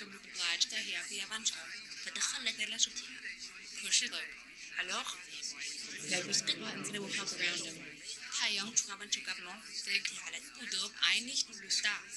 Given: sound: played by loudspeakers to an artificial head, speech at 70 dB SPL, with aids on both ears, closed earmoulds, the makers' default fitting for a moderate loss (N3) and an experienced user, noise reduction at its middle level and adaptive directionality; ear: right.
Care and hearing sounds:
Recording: speech test signal (ISTS) in cocktail-party noise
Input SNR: 0 dB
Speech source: in front (0 degrees)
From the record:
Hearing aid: class 1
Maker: J

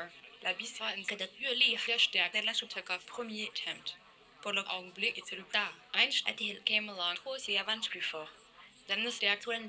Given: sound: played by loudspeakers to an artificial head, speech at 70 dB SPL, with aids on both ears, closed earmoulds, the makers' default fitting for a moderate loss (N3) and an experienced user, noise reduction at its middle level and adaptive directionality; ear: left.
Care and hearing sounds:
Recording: speech test signal (ISTS) in cocktail-party noise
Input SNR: +9 dB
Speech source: in front (0 degrees)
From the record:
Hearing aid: class 1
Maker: I

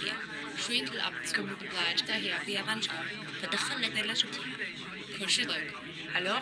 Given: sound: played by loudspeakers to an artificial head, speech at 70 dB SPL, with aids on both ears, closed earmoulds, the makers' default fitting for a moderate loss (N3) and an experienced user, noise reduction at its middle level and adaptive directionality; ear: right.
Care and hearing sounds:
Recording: speech test signal (ISTS) in cocktail-party noise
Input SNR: -3 dB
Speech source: on the right (90 degrees)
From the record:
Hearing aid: class 1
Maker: E

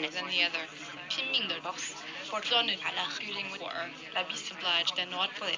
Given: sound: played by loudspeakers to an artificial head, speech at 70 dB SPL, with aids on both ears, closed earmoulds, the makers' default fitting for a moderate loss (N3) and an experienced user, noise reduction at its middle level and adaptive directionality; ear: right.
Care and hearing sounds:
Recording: speech test signal (ISTS) in cocktail-party noise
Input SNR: 0 dB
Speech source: on the right (90 degrees)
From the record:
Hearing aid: class 1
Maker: G

